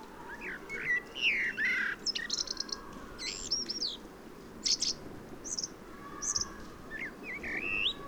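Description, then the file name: Common blackbird song: low, fluty warbled whistles at the start and end, with scattered high, thin chirps in between, over a faint steady hiss. "Turdus merula"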